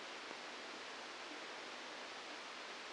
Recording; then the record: brain microelectrode recording played as sound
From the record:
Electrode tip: outside the subthalamic nucleus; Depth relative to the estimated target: 4 mm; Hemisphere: left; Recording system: NeuroSet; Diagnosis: Parkinson's disease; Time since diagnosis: 27 years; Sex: male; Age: 62 years